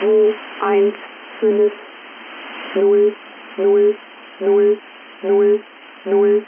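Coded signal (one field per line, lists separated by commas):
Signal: numbers station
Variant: G06, German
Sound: a voice repeating a short word, about eight times, evenly spaced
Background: radio static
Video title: Zahlensender G06 Nullmeldung (02.07.2012)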